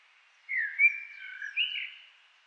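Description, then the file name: Eurasian blackbird singing one smooth, fluted phrase, a sliding whistle followed by a brief rising flourish, then silence. "Turdus merula"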